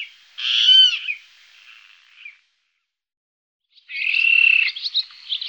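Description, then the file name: Water rail with a loud squeal that fades into quieter grumbling, a short silence, then a harsh, rasping squeal with chattering notes. "râle-deau"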